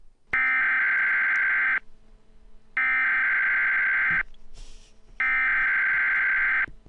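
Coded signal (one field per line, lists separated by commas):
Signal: Emergency Alert System (SAME) tones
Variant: header bursts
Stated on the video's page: Mock EAS alert, a fictional recreation.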